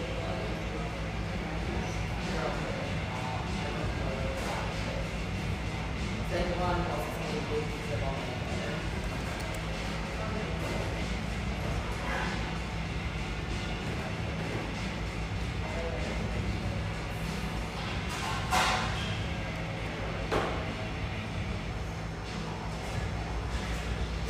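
A steady hum fills an espresso house, with a constant low drone underneath a blur of overlapping chatter. Voices murmur throughout at an even level, and brief bright clinks or clatters cut through now and then, near 7, 12, 18 and 20 seconds.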